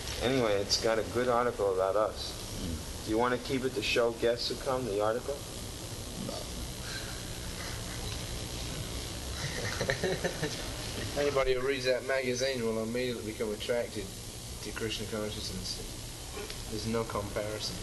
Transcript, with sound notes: Anyway, it's got a good article about us. You want to keep it to show guests who come, the article?
No. [laughter]
Anyone who reads that magazine will immediately become attracted to Kṛṣṇa consciousness, there's no comparison.